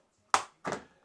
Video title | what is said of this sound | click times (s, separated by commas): Hugbow Self-Watering Seed Starter Tray with Grow Light, 80-Cell Plant StarterTrays Seed Starter Kit | Lock into place. | 0.3 s